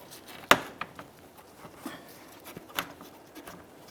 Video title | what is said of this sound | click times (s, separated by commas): How to replace Fog Light Hole Covers 2012-2015 Honda Civic | You're going to start hearing an audible click as you make your way across. | 0.5 s, 2.8 s